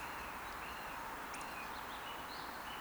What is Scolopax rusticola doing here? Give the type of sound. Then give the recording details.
whistle. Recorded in Baden-Württemberg, Germany, on 10 June 2021 at 19:43 UTC. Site 43323, 910 m above sea level